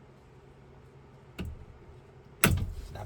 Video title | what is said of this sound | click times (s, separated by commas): Honda Odyssey Sliding Door Panel Removal (2018–2025 Step-by-Step Guide) | Line it up straight. Snap | 2.4 s